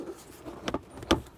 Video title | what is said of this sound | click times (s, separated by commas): BMW X5 Engine Filter Replacement DIY (2014-2018 BMW F15X5 & BMW F16 X6) | that'll just click into place and you'll feel the bottom out and then you take this portion here | 1.1 s